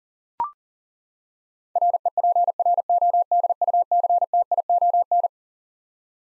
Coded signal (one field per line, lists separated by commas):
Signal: Morse code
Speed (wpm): 37 wpm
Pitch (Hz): 700 Hz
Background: none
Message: REPRODUCTION